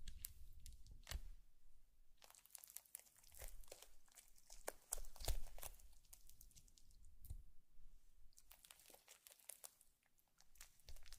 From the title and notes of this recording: Slime Sounds & Ear Eating.